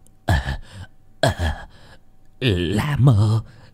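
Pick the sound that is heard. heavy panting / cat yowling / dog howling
heavy panting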